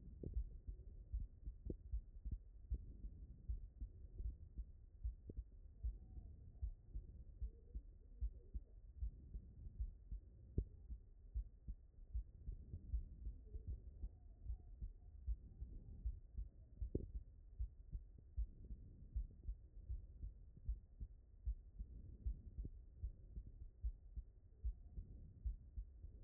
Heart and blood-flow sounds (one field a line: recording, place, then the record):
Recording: heart sounds by stethoscope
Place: aortic valve (AV)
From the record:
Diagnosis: non-HFrEF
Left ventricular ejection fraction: 65%